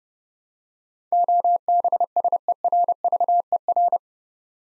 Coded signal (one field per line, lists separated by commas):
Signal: Morse code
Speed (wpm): 30 wpm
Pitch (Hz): 700 Hz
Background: none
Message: OBSERVER